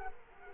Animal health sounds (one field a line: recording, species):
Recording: mosquito wingbeat signal from an infrared sensor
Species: Culex quinquefasciatus